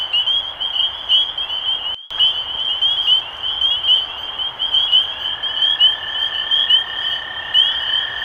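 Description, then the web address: Spring peepers calling in a thick chorus of high peeps after a brief silent gap early on, with a lower steady trill joining in the second half. Recorded 23 March 2012. "rob animals Peepers-2012-0323"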